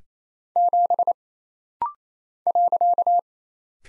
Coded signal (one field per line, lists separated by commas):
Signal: Morse code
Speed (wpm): 27 wpm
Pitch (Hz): 700 Hz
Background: none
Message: 7 .